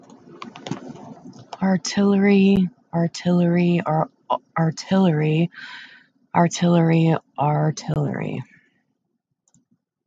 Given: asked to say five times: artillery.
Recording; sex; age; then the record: repeated word; female; 30 to 39 years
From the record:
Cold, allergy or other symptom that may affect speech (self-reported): no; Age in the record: 37 years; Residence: Massachusetts, United States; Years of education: 13